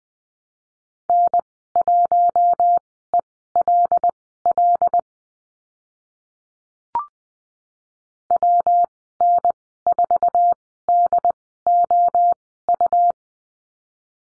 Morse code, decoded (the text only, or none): N1ELL WN4DOU